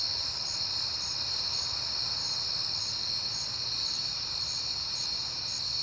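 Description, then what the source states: Crickets in a steady high trill, with brief higher chirps repeating about twice a second over the top. At night in September, on a peaceful night.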